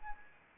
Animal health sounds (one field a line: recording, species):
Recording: mosquito wingbeat signal from an infrared sensor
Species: Anopheles arabiensis